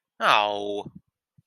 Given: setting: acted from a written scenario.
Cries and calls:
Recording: vocal sound without words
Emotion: disappointment

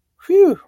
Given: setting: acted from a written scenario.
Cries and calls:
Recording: vocal sound without words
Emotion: relief

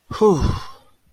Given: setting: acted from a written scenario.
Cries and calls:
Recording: vocal sound without words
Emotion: relief

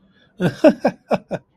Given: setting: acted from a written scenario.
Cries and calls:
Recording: vocal sound without words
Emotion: amusement

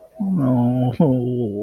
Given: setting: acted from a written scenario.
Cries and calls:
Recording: vocal sound without words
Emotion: sadness

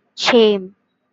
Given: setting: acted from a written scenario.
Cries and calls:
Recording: vocal sound without words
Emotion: shame

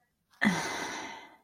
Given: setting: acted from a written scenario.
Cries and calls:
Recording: vocal sound without words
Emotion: contempt

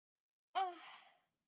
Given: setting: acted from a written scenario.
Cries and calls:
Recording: vocal sound without words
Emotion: serenity

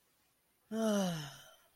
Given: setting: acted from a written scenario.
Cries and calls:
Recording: vocal sound without words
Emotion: disappointment

